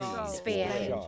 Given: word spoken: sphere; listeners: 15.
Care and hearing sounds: one English word in noise, from a listening test; four-talker babble; -1.1 dB; 4 of 15; 7 of 15; 0.68 s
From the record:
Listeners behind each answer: 7, 4, 1, 1, 1, 1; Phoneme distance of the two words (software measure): 10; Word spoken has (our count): 1 syllable, 3 phonemes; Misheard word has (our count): 1 syllable, 3 phonemes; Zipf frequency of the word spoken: 3.68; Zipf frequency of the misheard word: 3.42

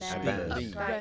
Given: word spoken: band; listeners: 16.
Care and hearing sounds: one English word in noise, from a listening test; four-talker babble; -2.5 dB; 0 of 16; 8 of 16; 0.61 s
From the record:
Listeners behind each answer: 8, 2, 1, 1, 1, 1, 1, 1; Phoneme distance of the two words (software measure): 30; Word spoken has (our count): 1 syllable, 4 phonemes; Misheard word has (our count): 1 syllable, 4 phonemes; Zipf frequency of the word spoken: 4.94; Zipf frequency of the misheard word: 4.91

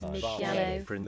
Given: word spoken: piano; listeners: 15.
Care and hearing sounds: one English word in noise, from a listening test; four-talker babble; -2.3 dB; 4 of 15; 6 of 15; 0.68 s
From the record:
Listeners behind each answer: 6, 4, 1, 1, 1, 1, 1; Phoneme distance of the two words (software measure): 27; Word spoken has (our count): 2 syllables, 5 phonemes, stress on syllable 1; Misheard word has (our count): 2 syllables, 4 phonemes, stress on syllable 1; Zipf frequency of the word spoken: 4.36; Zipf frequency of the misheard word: 4.84

